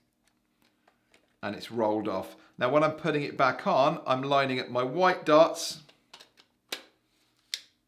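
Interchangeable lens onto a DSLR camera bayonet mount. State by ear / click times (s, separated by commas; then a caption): seated / 7.5 s. Someone talks while an interchangeable lens is put back onto the bayonet mount of a Nikon D3200 DSLR camera, with the white dots on the lens and body lined up before the lens is twisted. A few small handling clicks follow the talk, then a sharp click at 7.5 s as the lens locks and seats on the mount.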